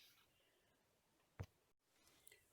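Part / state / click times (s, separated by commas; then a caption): plastic model kit part into helicopter fuselage / seated / 1.4 s. A large plastic part of an A-Model 1/72 scale Mil Mi-10 helicopter kit is pressed into the fuselage against glued-in tabs and strips, and it gives a single sharp snap at 1.4 s. Fainter small ticks follow around 2.3 s over quiet background noise. The part is seated in place.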